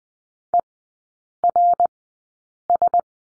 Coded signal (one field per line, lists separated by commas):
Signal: Morse code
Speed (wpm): 20 wpm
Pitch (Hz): 700 Hz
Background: none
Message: ERS